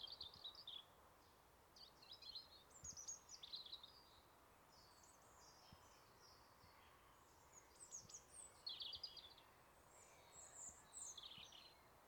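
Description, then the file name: European robin delivering brief high, tinkling, trilled phrases with short gaps between them, accompanied by steady low background hum throughout. "Erithacus rubecula"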